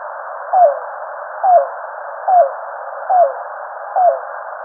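Yellow-billed cuckoo calling: five evenly spaced, hollow notes, each dropping slightly in pitch, coming a little under a second apart with soft hiss behind.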